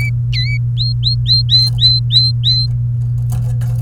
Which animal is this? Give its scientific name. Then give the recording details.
Serinus canaria. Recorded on 27 April 2018 at 16:08. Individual llb3